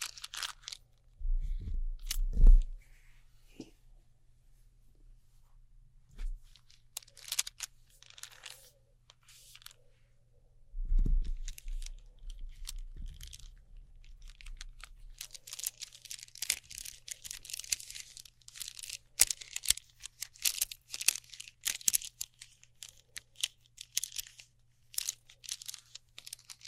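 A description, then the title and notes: Glow sticks, slime, sticky tape and scissors make crunchy, crinkly handling noises, with heavy thumps near 2 and 11 seconds, then dense bright crackling. Glow Sticks, Slime, Sticky Tape, Scissors.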